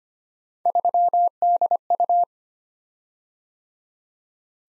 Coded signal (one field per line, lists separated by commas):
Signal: Morse code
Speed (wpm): 25 wpm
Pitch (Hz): 700 Hz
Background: none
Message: 3DU